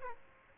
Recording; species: mosquito wingbeat signal from an infrared sensor; Aedes aegypti